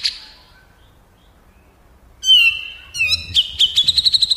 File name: Masteran Cucak Cungkok Suara Pedas Tembakan Keras